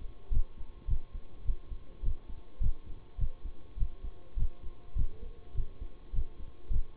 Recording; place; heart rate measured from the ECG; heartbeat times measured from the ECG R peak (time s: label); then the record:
heart sounds by stethoscope; between the tricuspid and mitral areas; 103 bpm
0.31 s: heartbeat
0.87 s: heartbeat
1.44 s: heartbeat
2.02 s: heartbeat
2.60 s: heartbeat
3.18 s: heartbeat
3.77 s: heartbeat
4.36 s: heartbeat
4.95 s: heartbeat
5.54 s: heartbeat
6.13 s: heartbeat
6.70 s: heartbeat
From the record:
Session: bicycle stress test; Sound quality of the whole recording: good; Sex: male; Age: 26 years